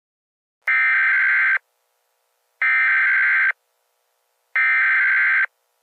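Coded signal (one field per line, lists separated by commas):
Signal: Emergency Alert System (SAME) tones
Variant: header bursts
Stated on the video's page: Fictional scenario.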